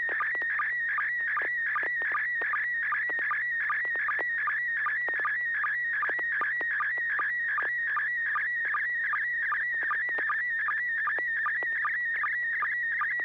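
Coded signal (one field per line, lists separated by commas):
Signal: SSTV (slow-scan television)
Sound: continuous warbling whistle around 2 kHz with a short low chirp about every 0.4 seconds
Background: low steady hum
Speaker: >> All right, let it rip.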